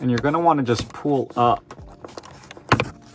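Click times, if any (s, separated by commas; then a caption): 2.7 s. Someone talks while a finger is hooked under the plastic shroud around the rearview mirror of a Hyundai or Kia vehicle and pulled up. After a few faint ticks, a sharp snap at 2.7 s, with a quick second crack right after, marks one retaining hook of the shroud releasing from the mirror mount.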